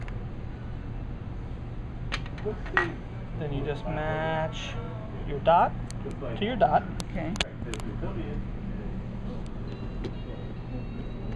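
An interchangeable lens is being handled at the mount of a Mamiya 7 II medium-format rangefinder camera body, with its dot lined up to the dot on the body before it is turned on the bayonet mount. Someone talks over a steady low hum, with light ticks and clinks of handling at about 2.1, 2.3 and 10.1 seconds. Nothing has seated or clicked yet.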